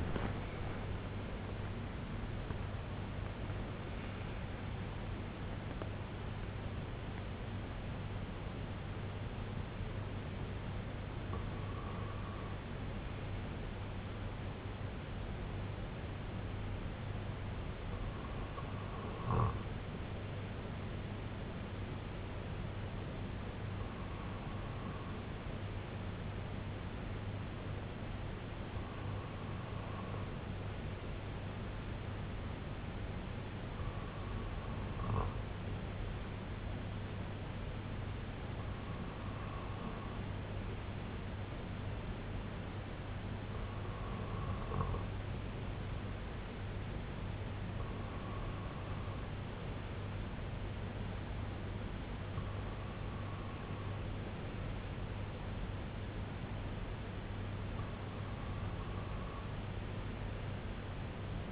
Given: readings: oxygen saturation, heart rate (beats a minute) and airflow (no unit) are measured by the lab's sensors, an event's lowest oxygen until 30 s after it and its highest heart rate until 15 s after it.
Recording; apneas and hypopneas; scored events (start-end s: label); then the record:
breathing in sleep by a voice recorder at the bedside; 1
18.00-54.70 s: hypopnea (N1, oxygen 97% highest, then 94% lowest, heart rate 62 at the start, 67 highest)
19.00-61.52 s: new sleep stage, REM sleep
From the record:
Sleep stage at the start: N1 (lightest sleep); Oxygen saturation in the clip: 94 to 97%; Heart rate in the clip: 56 to 89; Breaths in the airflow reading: 11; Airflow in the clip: -9.1 to 5.2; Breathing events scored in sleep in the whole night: 258 in 7.4 hours asleep